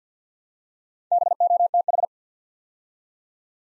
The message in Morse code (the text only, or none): BOTH